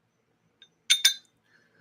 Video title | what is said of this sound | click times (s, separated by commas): SAVE EXPO - Garage Hangs Live Stream | you run your rope in and then it closes and locks in place okay | 1.0 s